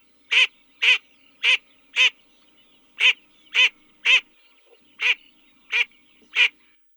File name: Чирок-трескунок